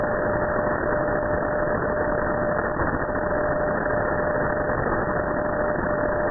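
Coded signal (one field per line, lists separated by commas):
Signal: radio time signal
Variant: DCF77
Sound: steady low whistle tone in hiss, briefly dipping once each second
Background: radio static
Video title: 77 5 kHz DCF77 Mar 13,2018 1958 UTC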